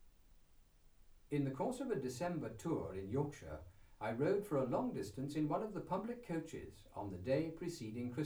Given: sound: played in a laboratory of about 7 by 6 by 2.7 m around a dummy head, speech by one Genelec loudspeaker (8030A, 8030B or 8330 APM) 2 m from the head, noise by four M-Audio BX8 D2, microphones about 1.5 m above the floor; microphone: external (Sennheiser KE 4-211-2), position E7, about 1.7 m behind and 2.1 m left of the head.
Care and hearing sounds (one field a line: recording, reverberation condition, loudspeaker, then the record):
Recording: male speech in English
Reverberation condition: low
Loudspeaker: 60 degrees to the right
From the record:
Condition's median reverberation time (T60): about 310 ms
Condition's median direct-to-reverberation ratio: about 3.5 dB